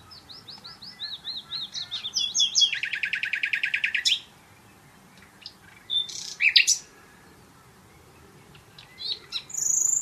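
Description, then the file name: Common nightingale song starting with repeated soft whistles, swelling into a loud rapid rattling trill, then a pause and a few sharp piercing notes. "Luscinia megarhynchos"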